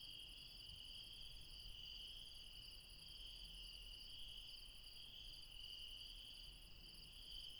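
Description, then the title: Shrill insect trilling in layered high tones without pause, the topmost pulsing voice stopping and starting, over soft low rumble. Late night, mountains, Refuge Krevatia, Barbala, Dion, Greece. "Refuge Krevatia, Μπαρμπαλά, Dion 601 00, Greece - Late night mountain insects"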